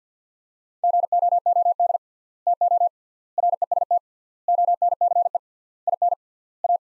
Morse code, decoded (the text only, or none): GOOD TO REST ONCE IN A